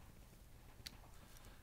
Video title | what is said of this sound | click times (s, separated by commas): Rivet Gun Maintenance | going to go until I hear a slight click right there | 0.9 s